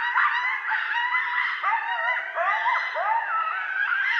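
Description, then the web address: Coyote group chorus of overlapping quavering yips, squeals and short falling howls, steady and busy throughout. Several coyotes recorded on 13 November 2012. "Coyote 2012 11 13 Coyotes 03"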